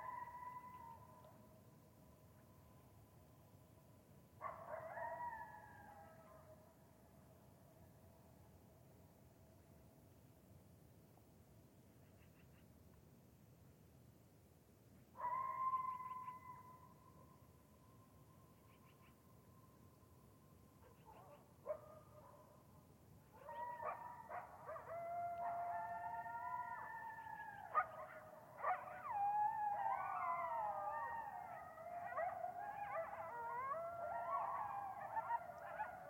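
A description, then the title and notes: Coyotes howl in long, wavering tones at intervals, then burst into a dense chorus of overlapping yips and howls from about 23 seconds. Coyotes are highly vocal in their contact yips and howls.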